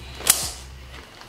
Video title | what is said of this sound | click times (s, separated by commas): AMAZON SHOE BOX REVIEW AND ASSEMBLY + SHOE CLOSET ORGANIZATION | click yeah i heard it it clicked now say it when it clicked i mean it does | 0.3 s